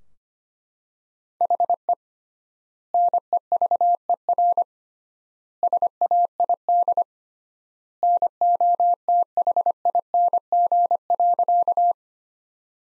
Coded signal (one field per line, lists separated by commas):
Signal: Morse code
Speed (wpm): 25 wpm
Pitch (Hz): 700 Hz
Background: none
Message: HE NEVER SAID NOTHING.